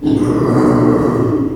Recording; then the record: squeal of a Yucatan mini pig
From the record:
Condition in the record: before surgery on the right vocal fold (resection and tissue-engineered implant); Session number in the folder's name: 1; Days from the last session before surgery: -3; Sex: male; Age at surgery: 12 weeks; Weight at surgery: 13 kg